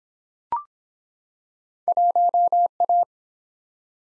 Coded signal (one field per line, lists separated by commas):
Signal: Morse code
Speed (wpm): 23 wpm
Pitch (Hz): 700 Hz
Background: none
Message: 1A